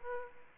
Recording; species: mosquito wingbeat signal from an infrared sensor; Aedes aegypti